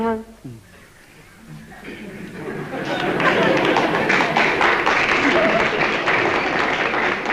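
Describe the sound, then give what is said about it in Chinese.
A sung note trails off, then a small audience of only a few people starts clapping, the applause swelling within a couple of seconds into steady, moderately loud clapping that carries on to the end. “那这鼓掌的人不多呀。”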